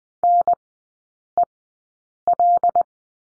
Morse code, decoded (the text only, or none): NEL